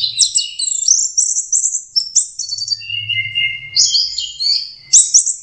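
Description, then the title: Orange-headed thrush song, a rapid continuous run of high, varied whistled and trilled phrases, with a faint low hum underneath. Local name Anis Merah, 'teler' song style, version 4; used as a master song for training Anis Kembang. "Anis Kembang. Suara Burung Anis Merah Teler - Versi 4"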